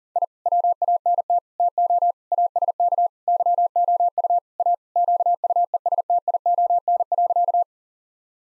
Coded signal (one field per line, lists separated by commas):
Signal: Morse code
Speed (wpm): 40 wpm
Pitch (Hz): 700 Hz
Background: none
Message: I WANT TO ASK YOU A QUESTION.